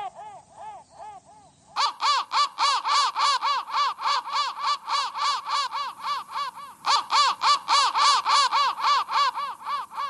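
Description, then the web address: Crow calls: a few soft hoarse notes, then a loud rapid sequence of harsh caws, nearly four per second, pausing briefly before resuming. "soundfactory crow"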